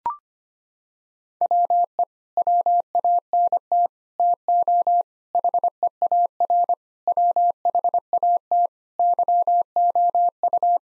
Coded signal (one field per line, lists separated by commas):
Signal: Morse code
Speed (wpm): 25 wpm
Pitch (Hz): 700 Hz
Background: none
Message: WE WANT TO HEAR WHAT YOU